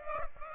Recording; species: mosquito wingbeat signal from an infrared sensor; Aedes aegypti